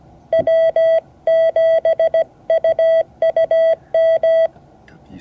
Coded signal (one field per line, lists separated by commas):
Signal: Morse code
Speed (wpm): 17 wpm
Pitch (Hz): 660 Hz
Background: none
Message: W7UUM